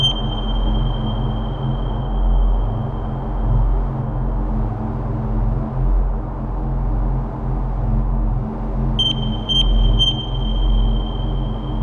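A steady, low droning hum fills an apartment on a large interstellar ship, thick with deep rumbling tones that never let up. A thin high whine runs through the first four seconds, and around nine to ten seconds a few quick electronic beeps chirp over the drone.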